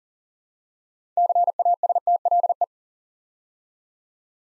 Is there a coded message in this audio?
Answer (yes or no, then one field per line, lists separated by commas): yes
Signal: Morse code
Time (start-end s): 1.2-2.6 s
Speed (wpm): 41 wpm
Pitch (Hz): 700 Hz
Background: none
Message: CASTLE